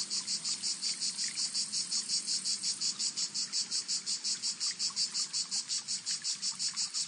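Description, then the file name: Cicada song, a loud high buzzing drone pulsing steadily throughout, with faint low rumble beneath. "Son cigale"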